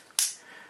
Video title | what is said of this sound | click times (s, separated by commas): Test: Hex Vision Bracelet en cuir pour ipod Nano 6g | entendez le clac, hop, c'est bon, vous voyez le dos. | 0.2 s